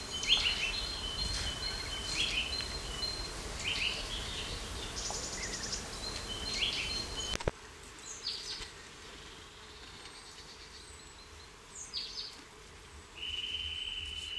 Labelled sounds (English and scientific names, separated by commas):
Eurasian Nuthatch (Sitta europaea) song